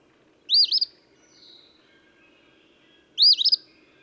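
Eastern phoebe song: two burry, slurred phrases nearly three seconds apart, a faint thin whistle between them.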